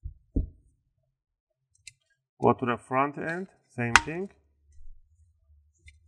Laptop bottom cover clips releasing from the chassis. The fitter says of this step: to the side you want to just twist it you want to hit that click